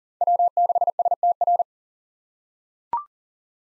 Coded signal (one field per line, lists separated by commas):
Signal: Morse code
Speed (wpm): 40 wpm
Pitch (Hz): 700 Hz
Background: none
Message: W6STR